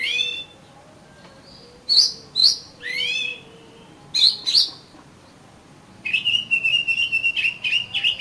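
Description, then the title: Oriental magpie-robin singing clear whistles and sliding phrases, ending in a quick run of rapid repeated notes; a faint steady low tone hums underneath. "Kacer Kacer"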